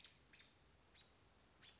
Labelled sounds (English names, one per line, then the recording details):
American Robin
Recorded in Sonoma County, California